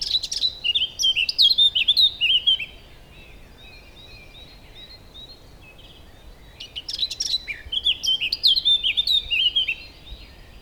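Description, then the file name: Eurasian blackcap singing two bursts of rich, fluty warbling, each about three to four seconds long, separated by a quieter stretch of soft warbling with background hiss. "Sylvia atricapilla"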